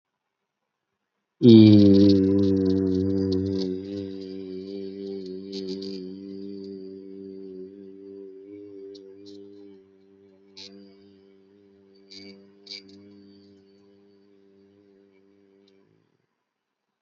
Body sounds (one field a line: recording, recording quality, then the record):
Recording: sustained vowel as in beet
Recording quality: excellent, no background noise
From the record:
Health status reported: healthy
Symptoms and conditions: none ticked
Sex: male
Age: 59 years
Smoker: not ticked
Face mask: not worn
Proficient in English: yes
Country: India